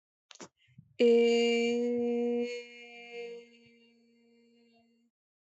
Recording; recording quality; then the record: sustained vowel as in made; excellent, no background noise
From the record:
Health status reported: healthy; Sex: female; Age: 25 years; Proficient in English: yes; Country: India